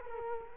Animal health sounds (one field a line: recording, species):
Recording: mosquito wingbeat signal from an infrared sensor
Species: Culex quinquefasciatus